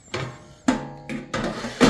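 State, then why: Not seated. A metal air fryer basket and drawer are handled and slid toward a Cosori Iconic stainless steel 6.5 Qt smart air fryer housing, making a series of sharp metallic knocks and clatters with ringing tones at about 0.1, 0.7, 1.1 and 1.3 seconds and again near the end. Nothing has seated or latched yet when the clip ends.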